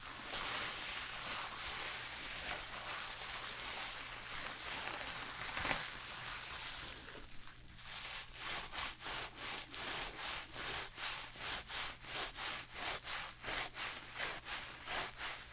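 Hair is rubbed and scrubbed, a dense, continuous bristly rustle for the first seven seconds with a soft knock near six seconds. Then brushing takes over: quick, regular strokes, about two per second, each a bright scratchy swish, continuing to the end over a faint low hum.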